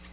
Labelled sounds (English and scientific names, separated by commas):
Nashville Warbler (Leiothlypis ruficapilla) flight call